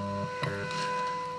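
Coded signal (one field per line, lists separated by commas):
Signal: radio time signal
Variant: WWV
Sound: steady hum-like tone with one sharp tick partway through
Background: radio static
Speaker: 10 MHz that's very strong here right now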